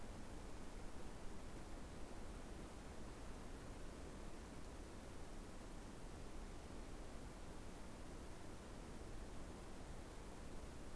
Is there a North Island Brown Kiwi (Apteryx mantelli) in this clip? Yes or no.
no